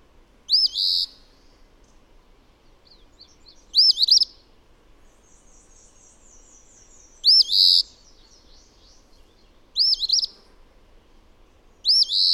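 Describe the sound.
Bird giving repeated bright song phrases, arched whistles trailing into a short buzz, five phrases at irregular intervals of two to four seconds, faint chirping behind.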